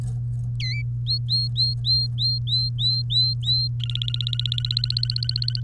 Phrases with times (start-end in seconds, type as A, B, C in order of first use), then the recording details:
0.60-0.82 A, 1.06-3.68 B, 3.80-5.60 C. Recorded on 3 May 2018 at 11:10. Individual llb3